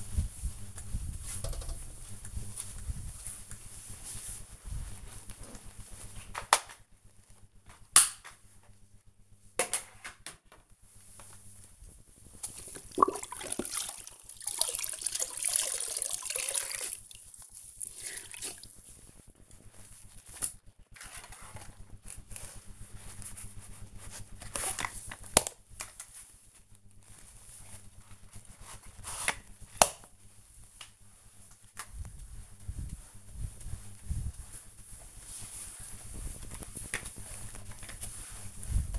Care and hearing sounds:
household activities, microphone on the right wrist
0.00-38.99 s: floor cleaning

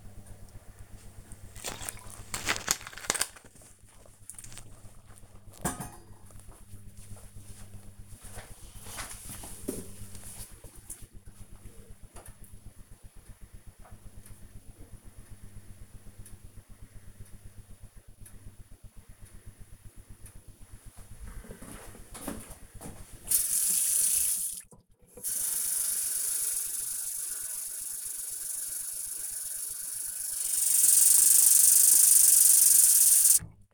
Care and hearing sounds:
household activities, microphone on the right wrist
0.00-4.79 s: drinking
21.91-33.74 s: watering plant

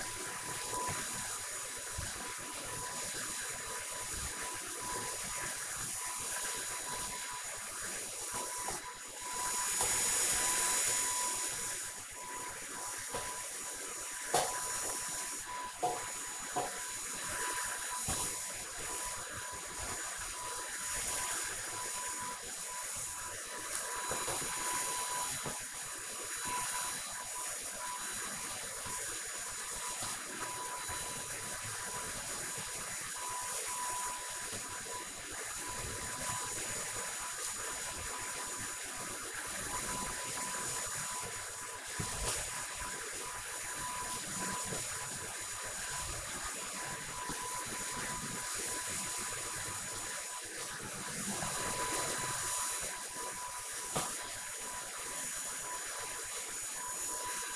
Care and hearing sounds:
household activities, microphone on the right wrist
0.00-57.56 s: vacuum cleaning

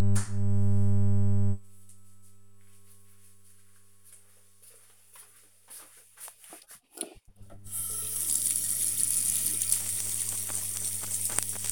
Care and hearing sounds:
household activities, microphone on the right wrist
5.81-11.72 s: washing hands

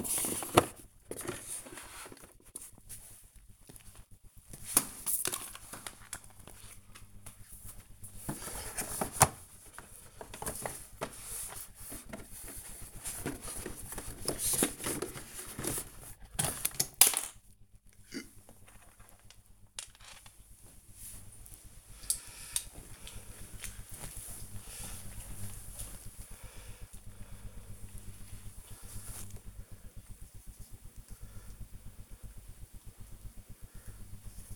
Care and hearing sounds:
household activities, microphone on the right wrist
0.00-34.56 s: cleaning the cupboard

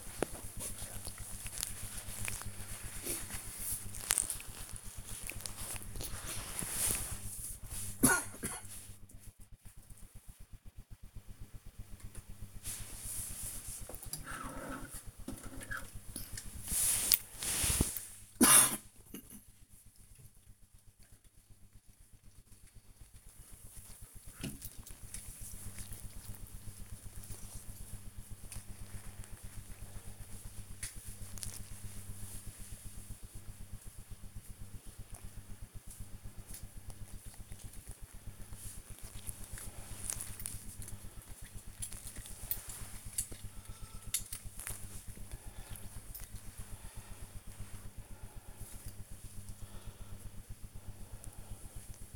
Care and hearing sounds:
household activities, microphone on the right wrist
0.00-4.20 s: dusting model cars
11.24-52.16 s: dusting model cars

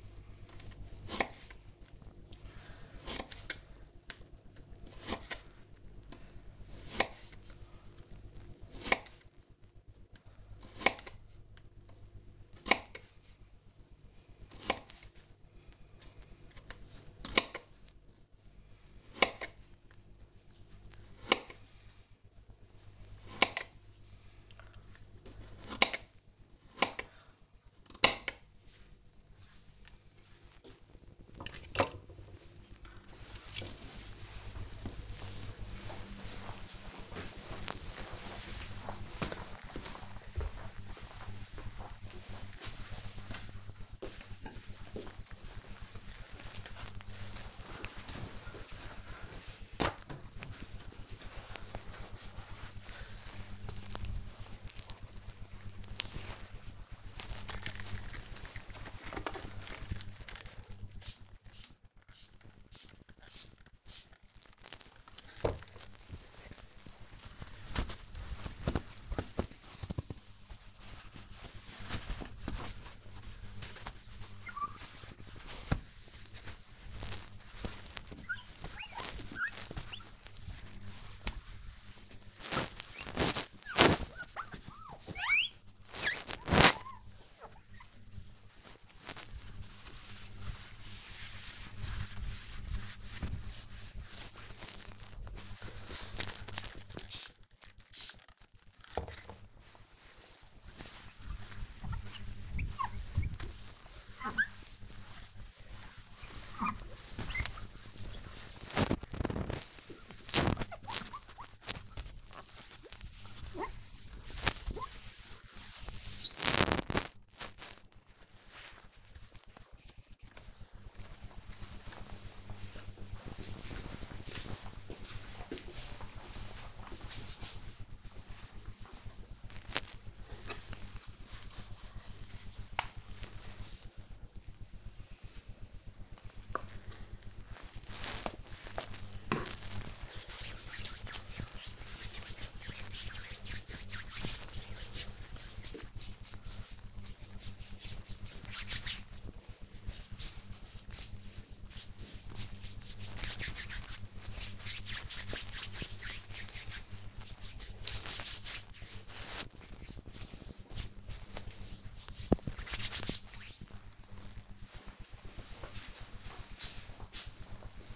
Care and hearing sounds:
household activities, microphone on the right wrist
0.00-31.70 s: cutting vegetables
44.78-117.28 s: window cleaning
128.36-163.65 s: cream hands

